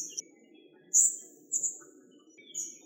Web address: Muscicapa striata